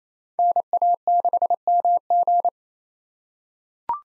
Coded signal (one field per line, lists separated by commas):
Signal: Morse code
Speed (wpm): 28 wpm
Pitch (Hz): 700 Hz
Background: none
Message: NA6MG